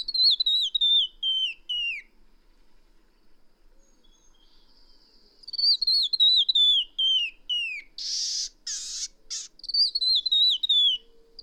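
Bird song: cascading whistled notes falling in pitch, a pause, another cascade, then three rough buzzy bursts before a final descending run.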